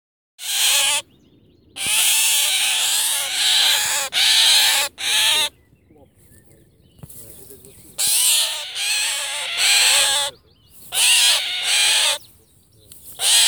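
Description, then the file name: Eurasian jay giving harsh, rasping screeches in a series of bursts, with silent gaps between them. "Garrulus glandarius"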